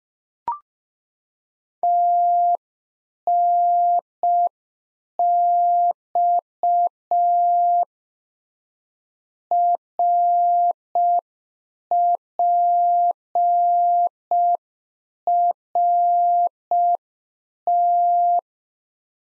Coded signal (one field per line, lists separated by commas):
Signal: Morse code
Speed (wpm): 5 wpm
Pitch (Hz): 700 Hz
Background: none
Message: TNX RPRT